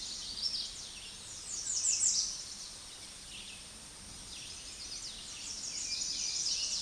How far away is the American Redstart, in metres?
about 5 m